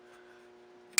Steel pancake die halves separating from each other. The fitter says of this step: can hear that click that's